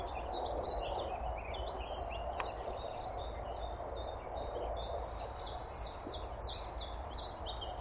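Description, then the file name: Eurasian blackcap giving many short clipped notes, more regular towards the end, over a constant low rumble and one sharp click. "Sylvia atricapilla"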